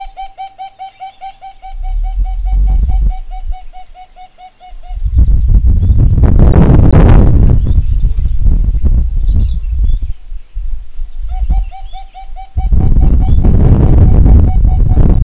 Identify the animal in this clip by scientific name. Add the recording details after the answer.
Tricholaema diademata. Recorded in northern Uganda